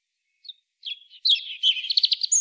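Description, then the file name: European robin song starting with soft, thin notes that build into a loud, fast, scratchy trill of high notes. "Erithacus rubecula"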